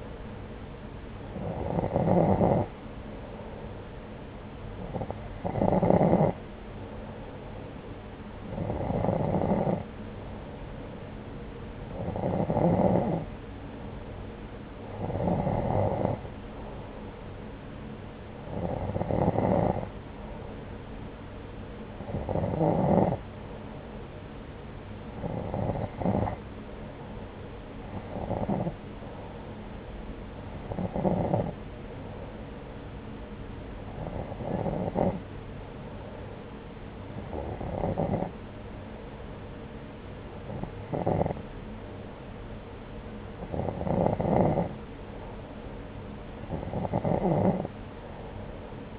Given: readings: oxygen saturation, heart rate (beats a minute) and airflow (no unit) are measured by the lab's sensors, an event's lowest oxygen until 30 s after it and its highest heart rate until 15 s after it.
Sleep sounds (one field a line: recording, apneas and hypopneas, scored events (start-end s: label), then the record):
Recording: breathing in sleep by a voice recorder at the bedside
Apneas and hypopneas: none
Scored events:
none scored
From the record:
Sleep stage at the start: N2 (light sleep)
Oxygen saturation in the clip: 90 to 91%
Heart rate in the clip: 68 to 78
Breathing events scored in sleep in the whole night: 303 in 8.1 hours asleep